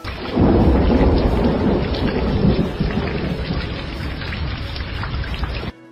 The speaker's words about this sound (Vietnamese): Mưa lạnh như băng quất lên người, Tiêu Hòa ôm cái đầu đau như búa bổ ngồi dậy.